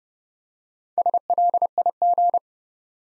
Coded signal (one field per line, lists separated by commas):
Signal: Morse code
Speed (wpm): 30 wpm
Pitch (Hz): 700 Hz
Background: none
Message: SLIG